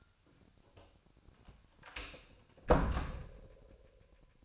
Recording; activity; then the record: daily activity, microphone in the room; close door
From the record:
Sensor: 2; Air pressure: 1007.1 hPa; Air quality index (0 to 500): 191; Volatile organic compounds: 12 ppm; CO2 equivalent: 2339 ppm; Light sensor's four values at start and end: 10/24/10/10 and 10/23/10/10